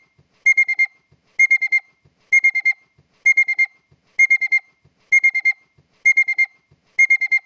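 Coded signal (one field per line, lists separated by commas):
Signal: alarm pattern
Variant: Honda car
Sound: eight repeated bursts of four quick high beeps, about one burst per second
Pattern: 4 short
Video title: honda car alarn ignition/alarm beeps sound effect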